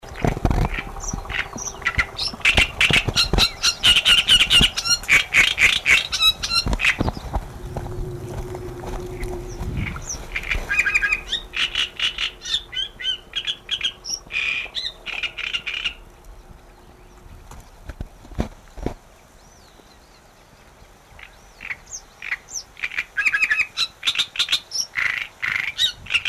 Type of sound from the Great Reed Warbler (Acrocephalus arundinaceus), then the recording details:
song. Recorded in the wild. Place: Anhauser Weiher, DE. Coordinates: 48.8458, 10.6578. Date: 1969-06-22. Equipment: Uher Report 4000, AKG D190. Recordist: Krey, Winfried